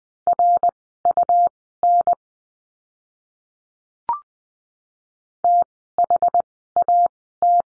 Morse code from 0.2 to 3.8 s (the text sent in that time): RUN